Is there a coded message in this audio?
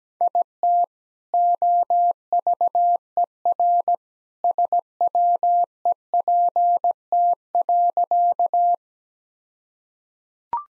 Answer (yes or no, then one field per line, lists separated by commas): yes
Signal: Morse code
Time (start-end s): 0.2-8.7 s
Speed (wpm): 17 wpm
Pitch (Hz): 700 Hz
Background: none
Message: IT OVER SWEPT.